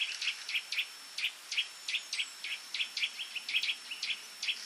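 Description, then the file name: Eurasian nuthatch calls: a rapid series of short, sharp, high notes repeated several times a second, with a steady faint high tone in the background. "Sitta europaea"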